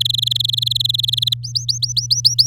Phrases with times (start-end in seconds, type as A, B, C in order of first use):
0.00-1.34 A, 1.43-2.46 B